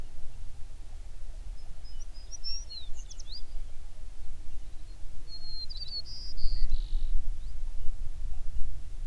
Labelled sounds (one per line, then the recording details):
songbird
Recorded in the Prudhoe Bay oil fields, Alaska, on 11 June 2019 at 05:16
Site 21